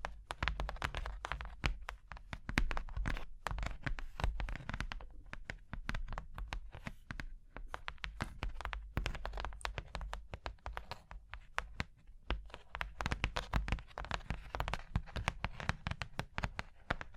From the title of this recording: Surface Tapping, Scratching, Tracing Sounds